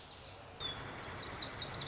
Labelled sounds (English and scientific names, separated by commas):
Lazuli Bunting (Passerina amoena)